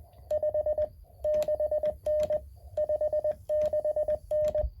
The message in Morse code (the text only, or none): 56N 56N